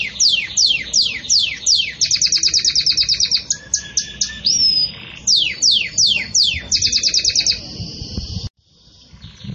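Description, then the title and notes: Belgian canary singing rapid downward-sweeping notes, quick trills and a short whistle, then a brief pause before faint song resumes. Pure Belgian canary song in the "campainha" style, with pauses, made for training birds. "Canto Canário Belga Campainha Puro Com Pausa Para Treinamento. CANARIO BELGA"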